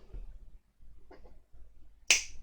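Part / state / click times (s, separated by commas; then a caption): pin into model X-Wing strut / seated / 2.1 s. A metal pin or part is pressed with pliers into a plastic and metal strut on a model X-Wing kit. Quiet handling noises lead up to one sharp, bright click at 2.1 s as the pin snaps into place, followed by a faint tap. The pin is seated.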